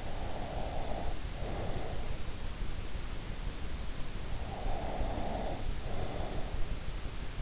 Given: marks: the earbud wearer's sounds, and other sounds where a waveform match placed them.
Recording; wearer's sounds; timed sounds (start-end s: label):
sounds in sleep by an in-ear microphone; breath
0.00-2.32 s: breath
4.72-6.43 s: breath